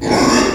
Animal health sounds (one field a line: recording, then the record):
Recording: squeal of a Yucatan mini pig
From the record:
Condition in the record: before surgery on the right vocal fold (resection and tissue-engineered implant)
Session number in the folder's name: 1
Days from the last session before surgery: -3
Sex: male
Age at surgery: 12 weeks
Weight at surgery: 13 kg